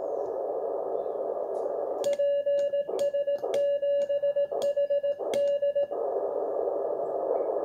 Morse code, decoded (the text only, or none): PS7HD